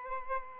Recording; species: mosquito wingbeat signal from an infrared sensor; Aedes albopictus